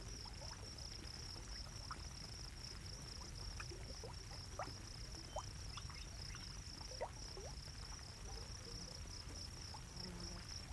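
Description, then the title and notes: Crickets giving a continuous high trill, with soft irregular bubbling water beneath. Crickets around a bubbling geothermal pool in a sagebrush desert in the evening; still conditions. "surrounded by crickets. Recorded by Tim Kahn. Part of the Music for Sleep project"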